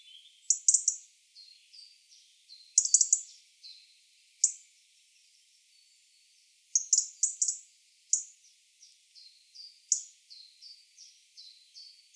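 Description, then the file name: European robin calls: clusters of sharp, high ticking notes recur every few seconds over a background of soft, short, high warbled notes. "Erithacus rubecula"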